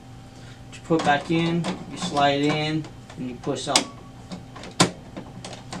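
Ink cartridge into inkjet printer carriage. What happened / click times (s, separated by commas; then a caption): The cartridge is being handled and pushed in; seating is not clearly confirmed / none. A plastic ink cartridge is slid back into the carriage of an HP Deskjet 2652 inkjet printer and pushed up, while someone talks over soft handling noises. A sharp knock at 4.8 s and lighter taps near 5.5 s and 5.7 s follow, but the cartridge has not yet seated or clicked home.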